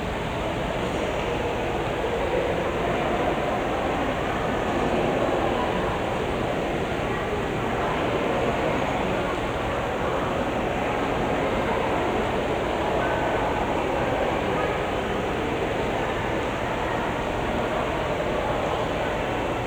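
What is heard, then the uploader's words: A busy restaurant at Sunday brunch fills with a steady, dense murmur of overlapping voices and clatter, unchanging throughout without clear standout events. All recordings and Photos by Randy Johnson. The sounds of a busy restaurant catering to its Sunday brunch crowd.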